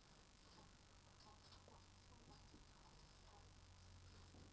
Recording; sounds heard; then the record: poultry house recording; healthy chickens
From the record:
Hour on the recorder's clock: 18